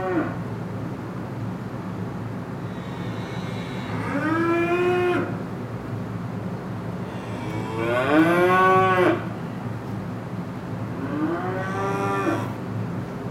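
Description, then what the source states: Cow mooing three times, long drawn-out lowing calls over a steady droning hum of a fan throughout. Recorded in a cowshed with a fan running.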